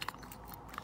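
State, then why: Not seated. A key cylinder is handled in the lever trim of a Yale exit device while its metal retainer is worked back into place. Brief metallic clicks and light jangling sit over low handling noise, with the sharpest tick near 0.1 s. Nothing has seated or clicked home yet.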